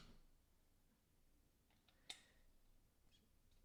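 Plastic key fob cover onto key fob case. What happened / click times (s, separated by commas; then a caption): The plastic cover slid down and snapped into place / 2.1 s. The first plastic cover of a 2016–2022 Volvo XC90 key fob is pushed down onto the case and slid a little until it seats. A single sharp tick is heard at 2.1 s against a quiet background, with a few fainter ticks around it. The cover is seated in place.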